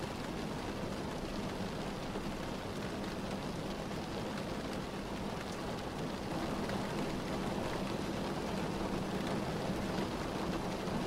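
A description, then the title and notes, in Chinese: Rain falls in a dense, steady hiss that fills the whole clip without letup, with no separate drops standing out. A low, even rumble runs underneath, and the sound grows slightly louder after about six seconds. ASMR下雨聲。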